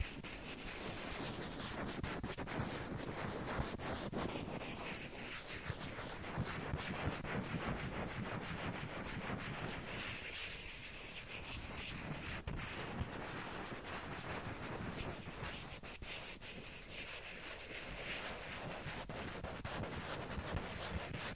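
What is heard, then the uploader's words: A ping pong ball scratches and rubs against a surface in a dense, continuous rasping texture that runs the full length. Fine ticks and small taps are packed in throughout, and the rough grinding thins briefly around ten and seventeen seconds before picking back up. ASMR TAPPING AND SCRATCHING WITH PING PONG BALL.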